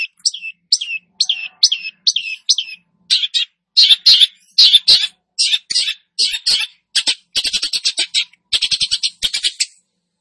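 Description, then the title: Long-tailed Shrike song opening with repeated sliding chirps, moving into loud, harsh chatter and then a quick stuttering rattle. Bird described as "gacor", Indonesian term for a bird singing vigorously and continuously. "Cendet Gacor 2"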